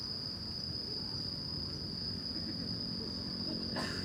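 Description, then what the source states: Steady shrill cricket trill over low rumbling traffic, ending with a brief burst of noise. Crickets at night in Shinjuku Gyoen Park, Shinjuku, Tokyo, Japan; recorded with DPA 4060 AB microphones on a Deity PR-2.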